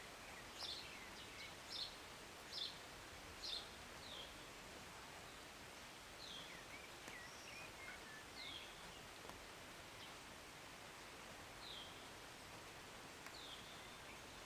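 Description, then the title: Bird chirps, four loud sharp notes at the start, then fainter scattered chirps and twitters over a steady hiss. Recorded from a city balcony on a Sunday morning during short rain, birds singing and chirping, with an occasional plane. "Rainy Morning with Birds Chirping"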